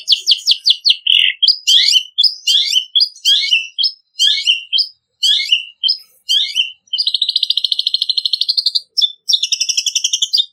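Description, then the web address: Long-tailed shrike song of repeated bursts of sharp, descending chirpy phrases, ending in a long, rattling high trill with short pauses between. Singing actively and loudly (gacor), ngeplong song style. "cendet gacor ngeplong. masteran cendet"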